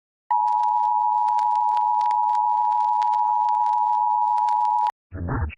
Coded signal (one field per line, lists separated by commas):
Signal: Emergency Alert System (SAME) tones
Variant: 853 and 960 Hz attention tone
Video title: EAS Scenario: Do Not Look Up